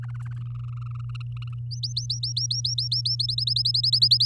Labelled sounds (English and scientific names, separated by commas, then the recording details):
Domestic Canary (Serinus canaria) song
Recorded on 8 May 2018 at 05:45
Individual llb16